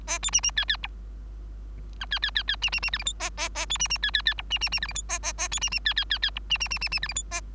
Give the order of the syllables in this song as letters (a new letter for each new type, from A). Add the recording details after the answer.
A B C C D D E F D D D D C C C G H I A A A B C C D D D E C C C G H I A A A B C C D D D D E C C C C C G H I A. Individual Bird3